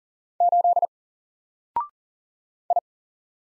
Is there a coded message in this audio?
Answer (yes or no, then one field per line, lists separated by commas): yes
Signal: Morse code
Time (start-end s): 0.4-2.8 s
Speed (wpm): 39 wpm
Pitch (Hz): 700 Hz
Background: none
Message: 8 I